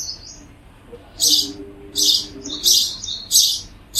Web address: cianscape birddata Deverinetal 2025 Bird Only Pa Do